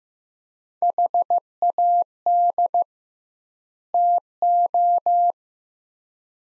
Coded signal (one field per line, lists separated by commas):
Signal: Morse code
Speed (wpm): 15 wpm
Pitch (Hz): 700 Hz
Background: none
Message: HAD TO